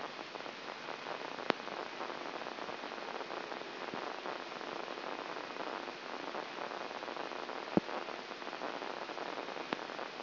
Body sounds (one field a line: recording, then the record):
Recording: brain microelectrode recording played as sound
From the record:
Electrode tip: inside the subthalamic nucleus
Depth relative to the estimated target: -3 mm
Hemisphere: right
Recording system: AlphaMap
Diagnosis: Parkinson's disease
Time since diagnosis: 24 years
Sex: female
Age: 57 years